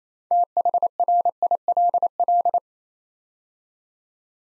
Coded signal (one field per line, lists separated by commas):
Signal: Morse code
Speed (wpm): 27 wpm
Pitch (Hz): 700 Hz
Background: none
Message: THRILL